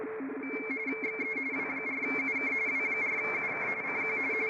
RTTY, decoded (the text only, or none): XE W4UK W4UK CQ